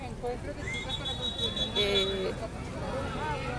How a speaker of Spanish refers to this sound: Y bueno, por ahora voy a pasar un rato, que estamos dejando pasar un rato aquí el tráfico de varias gente que se está movilizando para sus trabajos o para sus casas.